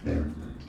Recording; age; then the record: pig call; growing-finishing pig (85 days or more)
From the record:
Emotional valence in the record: negative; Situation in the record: barren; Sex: female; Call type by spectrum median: low-frequency call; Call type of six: low-frequency stable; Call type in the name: low-frequency stable, not sure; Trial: 1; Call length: 0.69 s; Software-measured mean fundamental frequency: 69 Hz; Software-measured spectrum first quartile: 93 Hz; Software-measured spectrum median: 212 Hz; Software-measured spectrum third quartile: 373 Hz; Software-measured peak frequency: 282 Hz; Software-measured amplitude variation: 151 dB a second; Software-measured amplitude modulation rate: 26.8 a second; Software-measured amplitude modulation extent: 5.6 dB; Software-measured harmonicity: -3.2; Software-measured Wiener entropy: -0.10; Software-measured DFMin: 1083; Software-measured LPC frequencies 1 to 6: 352, 1655, 2397, 3490, 4395, 6717 Hz